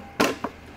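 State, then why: Seated. The redesigned plastic top lid of an AC Infinity Gen 2 CloudForge humidifier is pressed down onto its tank/base. Its new plastic tab clips give two snaps: a louder, broader click at 0.2 s and a shorter, sharper one at 0.4 s. The lid is seated.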